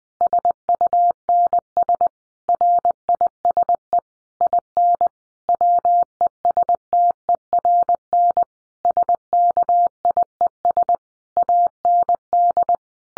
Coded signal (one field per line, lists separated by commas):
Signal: Morse code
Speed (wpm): 20 wpm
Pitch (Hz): 700 Hz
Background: none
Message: SUNS RISE IN WESTERN SKIES AND